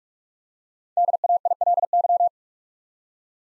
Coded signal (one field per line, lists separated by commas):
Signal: Morse code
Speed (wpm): 44 wpm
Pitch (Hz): 700 Hz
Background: none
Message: DAILY